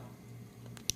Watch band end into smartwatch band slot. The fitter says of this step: until you hear it click just like that so as you can see it clicks into place now if you ever want to take the band off